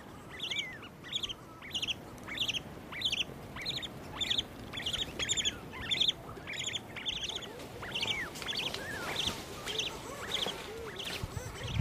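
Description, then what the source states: Buller's shearwater chick begging: soft, high jeeping notes quickly repeated in a steady series. Quiet, intimate jeeping by a chick while its parent feeds it, about 3:30 am; burrows in a boulder field on Aorangi, Poor Knights Islands, New Zealand breeding colony.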